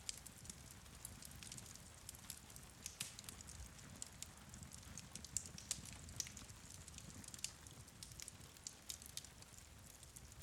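A crackling fire fills the clip with frequent sharp, bright pops and snaps scattered irregularly throughout. Underneath runs a steady low rumble that hardly changes. Rain may be blended into the constant hiss, though no distinct patter stands out.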